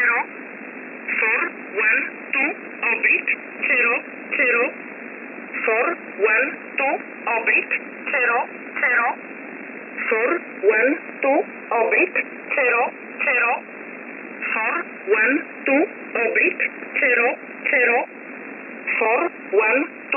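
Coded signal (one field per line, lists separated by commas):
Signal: numbers station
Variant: E11 Oblique, English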